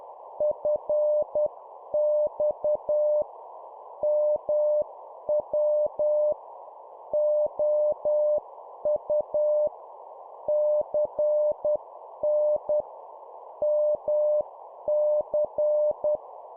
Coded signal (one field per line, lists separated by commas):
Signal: Morse code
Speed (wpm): 10 wpm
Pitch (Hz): 600 Hz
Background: none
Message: FX MW OU CN MC